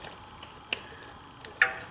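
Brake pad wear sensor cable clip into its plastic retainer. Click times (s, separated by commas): 0.7 s, 1.6 s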